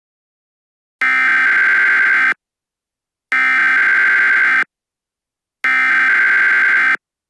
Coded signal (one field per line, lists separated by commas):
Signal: Emergency Alert System (SAME) tones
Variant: header bursts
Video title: EAS Scenario: Tartarus